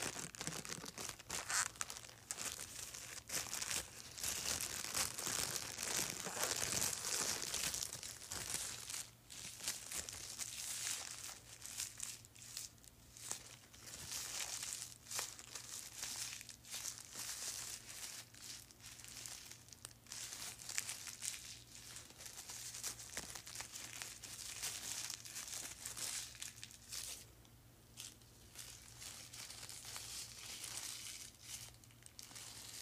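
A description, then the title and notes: Plastic is crinkled and crushed, a dense run of sharp crackles and snaps that rarely pauses for the full half minute. The handling is busiest in the first ten seconds, while a low steady hum sits underneath throughout. ASMR Crinkling Plastic.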